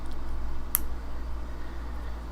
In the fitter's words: oh like i said that is the best sound in the world when you get that thing to snap in place